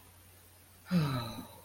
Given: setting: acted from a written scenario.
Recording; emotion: vocal sound without words; guilt